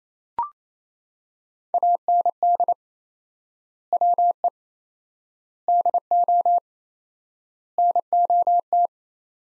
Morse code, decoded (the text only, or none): AND WE DO NOT